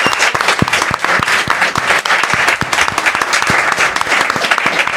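A live audience applauds a guest at the end of an interview, many hands clapping in a dense, continuous patter of sharp claps that stays loud and even throughout, with no voices standing out.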